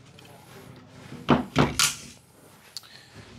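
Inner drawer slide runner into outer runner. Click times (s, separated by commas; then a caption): 2.8 s. The inner runner of a Dunn & Watson Range 45 kg full-extension metal drawer slide is pushed back into its outer runner after the carriage has been slid to the front. Three loud scraping, thudding bursts of metal sliding come between about 1.3 and 2.0 s. A short, sharp click at 2.8 s marks the runners seating back together.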